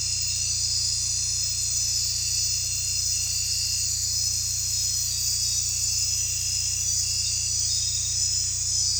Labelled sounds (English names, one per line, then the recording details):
none
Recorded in dense forest near Puerto Asís, Putumayo, Colombia, on 16 December 2024 at 21:30
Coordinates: 0.467, -76.328
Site GP05